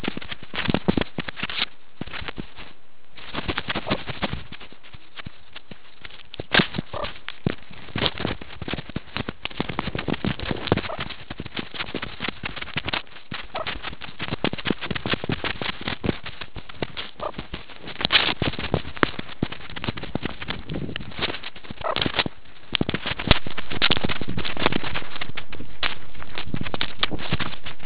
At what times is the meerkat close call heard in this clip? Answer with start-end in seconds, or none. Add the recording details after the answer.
3.85-3.97, 6.90-7.08, 10.85-10.97, 13.50-13.65, 17.18-17.33, 21.81-21.96. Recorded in the Kuruman River Reserve, South Africa. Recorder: an audio tag on a meerkat's collar